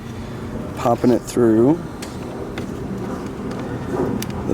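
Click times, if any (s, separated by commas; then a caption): 4.2 s. A replacement plastic mirror switch for a VW Tiguan, its orange wiring plug already connected, is pushed up through the bottom of the door panel opening while someone talks. A short, sharp click at 4.2 s marks the switch seating in the door panel trim.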